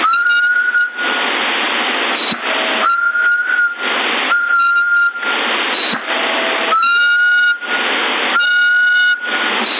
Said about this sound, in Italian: Avanti il fischio, ho capito, sai solo fischiare.